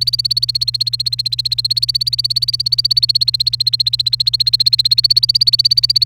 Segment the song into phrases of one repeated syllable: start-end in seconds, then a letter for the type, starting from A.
0.00-6.04 A